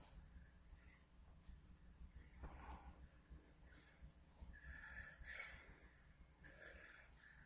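Adult man, sleeping, with obstructive sleep apnea: he stops breathing while his chest and abdominal walls keep moving against the obstruction, then builds enough pressure to overcome it and lets out a big resuscitative snort.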